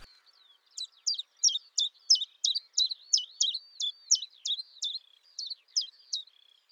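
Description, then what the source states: Common chiffchaff song: a steady run of many sharp, high notes at slightly varying pitches, roughly three per second. Song likened to coins falling on a pile, rendered 'tchif-tchaf', the origin of its English name.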